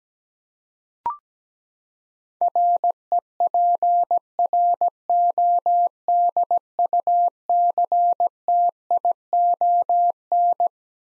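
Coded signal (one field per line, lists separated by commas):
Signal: Morse code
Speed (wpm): 17 wpm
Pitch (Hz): 700 Hz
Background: none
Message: REPRODUCTION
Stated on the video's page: Head-copy practice of twelve-letter words at 17wpm; each word is sent in Morse, then spoken, then sent again.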